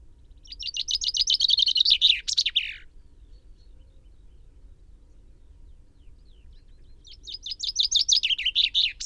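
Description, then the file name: Common chaffinch singing a fast descending trill of repeated chirps that ends in a sharp flourish. After a silent gap, a second phrase begins near the end. "Fringilla coelebs"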